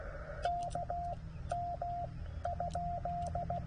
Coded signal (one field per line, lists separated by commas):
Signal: Morse code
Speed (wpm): 16 wpm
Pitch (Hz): 700 Hz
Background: radio noise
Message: KM?